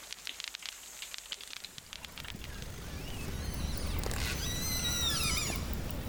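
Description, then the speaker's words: Orca sounds: rapid clicking pulses at first, then several high whistled calls that bend in pitch, over a rushing underwater background. A pod of orcas hunting, using echolocation pulses and contact calls. "This is a pod of orca hunting with their echolocation pulses and contact calls."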